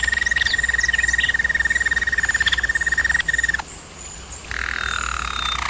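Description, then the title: German Roller canary song: a long even rolling trill held on one pitch, breaking off briefly, then resuming as a softer, downward-gliding roll over low background hum. German Roller canary singing, used for canary training. "German Roller Canary Singing - Canary Training Vid"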